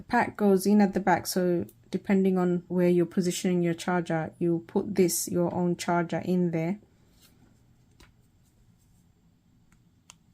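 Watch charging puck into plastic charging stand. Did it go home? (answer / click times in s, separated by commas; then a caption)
yes / 10.1 s. Someone talks, then pushes their own wireless watch charger puck into the back of a plastic Spigen charging stand for the Galaxy Watch Ultra. After the talking stops at about 6.8 s, faint handling sounds follow, with small ticks at 8.0 s and 9.7 s. A sharp click at 10.1 s marks the puck seating and being secured by the stand's grips.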